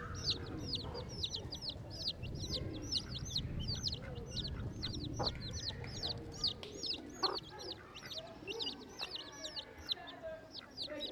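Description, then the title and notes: Domestic chicken chicks keeping up a stream of thin, falling peeps over a low rumble, with a few soft knocks. Newly hatched chicks in a park in Saint-Gilles, Belgium; recorded with Sony PCM-D100 internal microphones in XY position. "Saint-Gilles, Belgique - Poussins et oie - Chicks and goose. des poussins viennent de naître, et une oie souffle"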